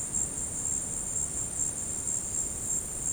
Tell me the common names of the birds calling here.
none